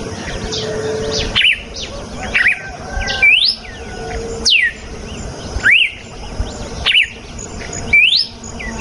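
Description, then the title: Red-cowled cardinal song: loud whistled upslurs and falling swoops repeated every second or so. Female; natural song. "Canto Galo Campina Fêmea. GALO DE CAMPINA CANTO NATURAL. galo de campina cantando. canto de galo de campina"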